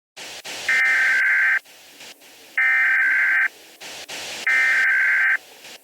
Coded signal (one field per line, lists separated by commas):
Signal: Emergency Alert System (SAME) tones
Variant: header bursts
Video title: EAS Alert for Dillon County - DILLON COUNTY VHS